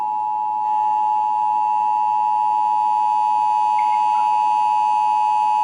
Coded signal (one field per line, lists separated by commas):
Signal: Emergency Alert System (SAME) tones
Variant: 853 and 960 Hz attention tone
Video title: GETTING ON MY LAST DAMN NERVE... EAS Alerts from 10/2/18 - 10/31/18 (EAS #1,879 - 1,899)